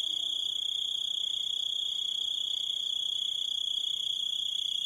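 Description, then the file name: Grasshopper chirping: constant high ringing buzz with regular short pulses throughout. "zvuki kuznechika"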